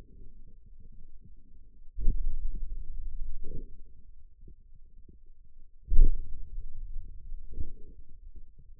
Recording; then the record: forearm muscle sounds (acoustic myography)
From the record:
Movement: hand opening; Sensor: system 2, bracelet of six BSWA MPA416 microphones around the upper forearm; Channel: 6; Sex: male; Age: 22 years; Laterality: right